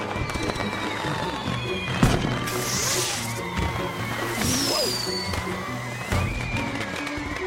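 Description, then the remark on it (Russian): Firecrackers go off in a few sharp, scattered bangs amid a dense, chaotic wash of noise, with high whistling and whining tones threading through the commotion. “Смотрите, петарду! Поджигайте, детишки! Дети нашли петарду. Они их поджигают и бросают в сторону.”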